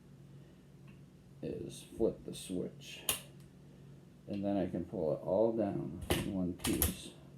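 During reassembly of a Tristar 20 gauge 3 inch shotgun, someone talks while a switch is flipped and the action assembly is handled to be pulled down in one piece into the receiver, with light handling noises between the words. Nothing has seated or clicked yet.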